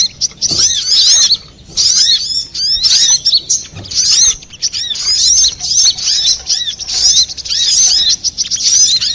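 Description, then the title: Little spiderhunter: bright, thin chirping song of a little spiderhunter in separate bursts of squeaky rising and falling notes, with short silences between phrases. Masteran, used for training cage birds. "Masteran Burung Sogok Ontong Labaik"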